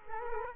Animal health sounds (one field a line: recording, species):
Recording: mosquito wingbeat signal from an infrared sensor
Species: Culex quinquefasciatus